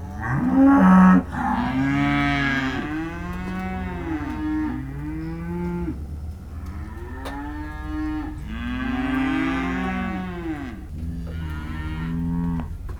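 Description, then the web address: Cow: cattle mooing repeatedly, several overlapping low bellows and calls from more than one animal, some short, some drawn out, with steady background rumble. Cows and calves, described as disconsolate, recorded in December. "dec 19 disconsolate cows and calves"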